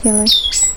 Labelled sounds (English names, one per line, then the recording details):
Stitchbird song
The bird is a male
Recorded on Tiritiri Matangi Island, New Zealand, in 2005
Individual 12, of nest box 16